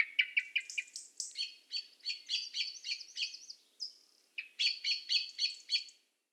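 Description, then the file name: Common blackbird giving rapid, harsh chattering notes in long runs, with a short pause midway before the notes resume. "Turdus merula"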